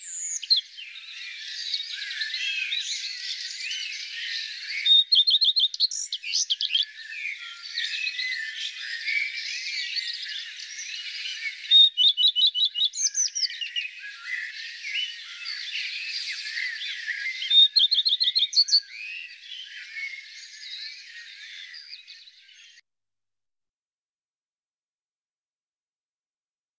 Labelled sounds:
Common Redstart (Phoenicurus phoenicurus) song
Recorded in the wild
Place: Oberrotweil am Kaiserstuhl / Bickensohl, Baden-Württemberg, DE
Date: 1991-05-14
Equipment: Dat-Recorder Casio DA 7, Telinga M2, stereo, Telinga-Parabolspiegel
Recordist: Schwarz, Dieter

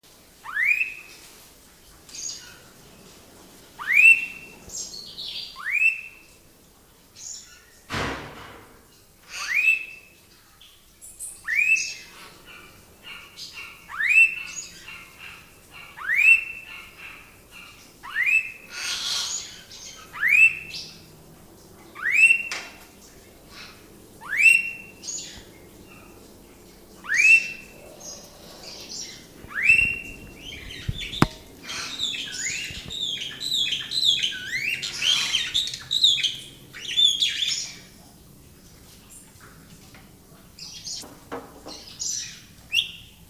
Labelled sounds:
Blue-faced Honeyeater (Entomyzon cyanotis)
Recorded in captivity
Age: adult
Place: Tierpark Carl Hagenbeck, Hamburg, DE
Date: 2000-11-26 14:23
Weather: cloudy, 5-6°C
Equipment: Nagra SN, Kopie Uher 4000 Report Monitor
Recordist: Tembrock, Günter

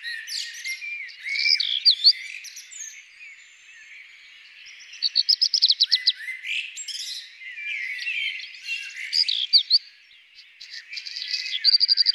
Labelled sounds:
Black Redstart (Phoenicurus ochruros) song
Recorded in the wild
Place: Freiburg im Breisgau / Lehen, Baden-Württemberg, DE
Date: 2002-04-21
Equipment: MiniDisc Sharp MT 20 H
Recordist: Schwarz, Dieter

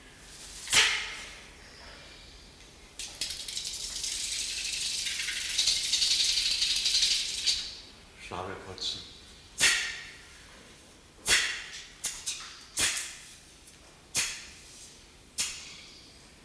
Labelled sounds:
Channel-billed Toucan (Ramphastos vitellinus) call
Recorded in captivity
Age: adult
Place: Zoo Berlin, Berlin, DE
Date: 1993-08-28 10:25
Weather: 12-15°C, heiter
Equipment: Marantz CP 430, Sennheiser MKH 416 T, Kopie Uher Variocord 263
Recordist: Tembrock, Günter
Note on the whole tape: Unterart: ariel; Kurzlaute mit geschlossenem Schnabel und Geräusch beim Schnabelputzen (2 m)

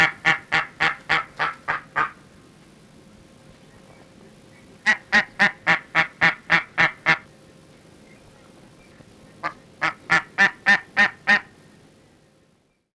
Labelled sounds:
Steller's Sea Eagle (Haliaeetus pelagicus)
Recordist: Tembrock, Günter
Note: Rufreihen eines Weibchens

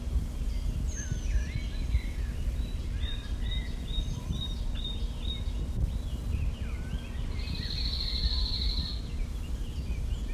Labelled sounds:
Cirl Bunting (Emberiza cirlus)
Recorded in the wild
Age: adult
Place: Görz, IT
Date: 1968-06-02
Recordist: Brunner, Thomas

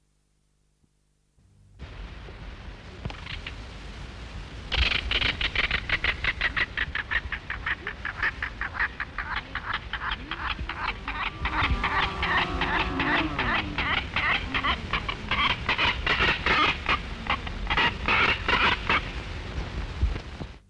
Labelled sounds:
Southern Black Korhaan (Afrotis afra) flight call
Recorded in captivity
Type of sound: flight call
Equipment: Halbspur, 9,5 cm/s
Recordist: Lütgens, Hans
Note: Südwest-Afrika im Überflug

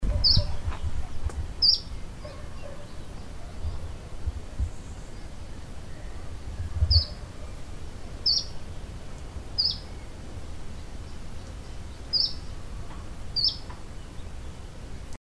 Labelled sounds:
Canary Islands Chiffchaff (Phylloscopus canariensis) call
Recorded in the wild
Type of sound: call
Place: Montana la Brena, La Palma, Canary Islands, ES
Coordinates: 28.6264, -17.7914
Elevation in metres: 635
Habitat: deciduous forest
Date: 2013-04-01 12:57
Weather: 20°C, cloudy, weak winds
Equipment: Zoom H2
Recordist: Frommolt, Karl-Heinz
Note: Rufe eines Kanarenzilpzalps

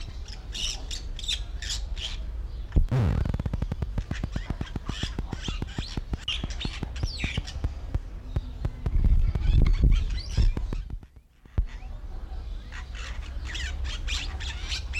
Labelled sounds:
Bali Myna (Leucopsar rothschildi)
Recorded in captivity
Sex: male
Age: adult
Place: Zoo Berlin, Berlin, DE
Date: 1994-07-16 10:55
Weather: sonnig, 22-26°C
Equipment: Marantz CP 430, Sennheiser ME 80, Kopie Uher Variocord 263
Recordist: Tembrock, Günter

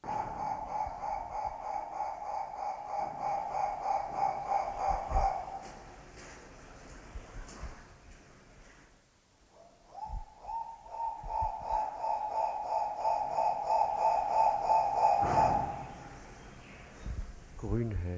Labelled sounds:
Guinea Turaco (Tauraco persa) call
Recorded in captivity
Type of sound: call sequence
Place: Münchner Tierpark Hellabrunn, Bayern, DE
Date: 1995-05-27 10:18
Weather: heiter 15-20°C
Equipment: Marantz CP 430, Sennheiser ME 80, Kopie Uher 4000 Report Monitor
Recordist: Tembrock, Günter
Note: 2 Tiere: Rufreihe

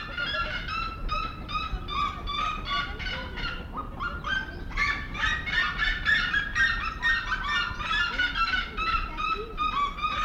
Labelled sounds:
Black-legged Seriema (Chunga burmeisteri) call
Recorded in captivity
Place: Zoo Berlin, Berlin, DE
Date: 1992-07-25 10:43
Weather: sonnig (heiter - schwül), 23-26°C
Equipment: Marantz CP 430, Sennheiser ME 80, Kopie Tesla B 116
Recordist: Tembrock, Günter

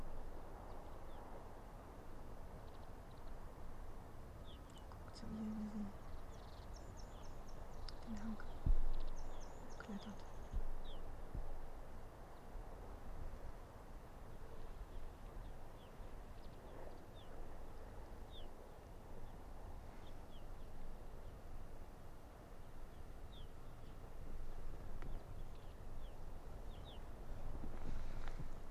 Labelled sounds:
Arctic Fox (Vulpes lagopus)
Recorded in the wild
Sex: diverse
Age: adult
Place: Insel Mednyi, Kommandeur-Inseln, RU
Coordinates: 54.5167, 168.083
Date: 1999-07-26 20:08
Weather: 12°C, heiter, mäßiger Südwestwind
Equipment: Sony WM-D6C, Sennheiser ME 80, K 30 AV, Windkorb, Kopie Tascam DA 30
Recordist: Jakupi, Antje
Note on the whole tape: Südosten der Insel, Haupttal, Zacke 2: Wechselbellen von Rüden grün/grün 68 und Fähe weis/weis 31. Rüde grün/grün äußerte zuvor zwei Bellstrophen. Die Fähe läuft ins Hüttental. Bellstrophen von Rüden rot/gelb 4, die von Rüden grün/grün beantwortet werden

